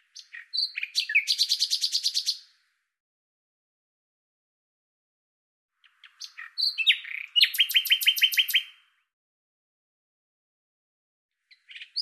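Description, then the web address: Common nightingale song: two bright phrases, each opening with scattered chips and then breaking into a fast run of identical repeated notes, separated by several seconds of silence. "Deverinetal 2025"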